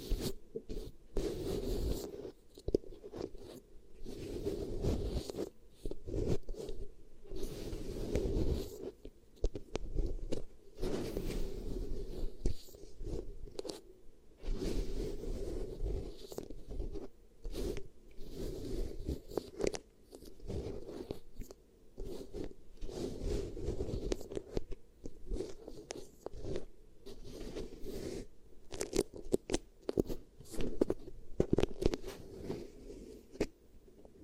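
Beeswax ear triggers: sticky, crinkly rubbing and squishing that runs almost without pause for the whole stretch. The sound is dense and mostly low, with quick clicky crackles flicking up into brighter tones every second or so and brief quieter gaps between handfuls.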